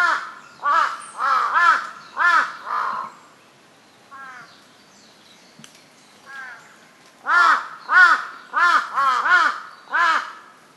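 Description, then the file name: Large-billed crow cawing: a run of several hoarse, arched caws, a quiet pause with a few soft calls, then another run of several caws. "hasibutogarasu"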